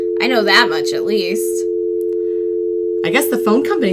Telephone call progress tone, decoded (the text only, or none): dial tone